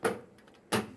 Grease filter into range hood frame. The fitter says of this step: and it should snap into place if